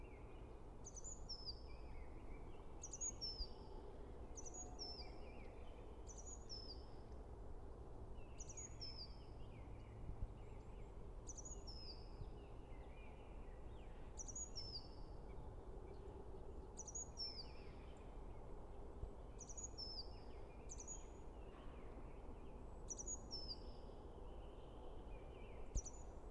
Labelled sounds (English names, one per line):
Great Tit song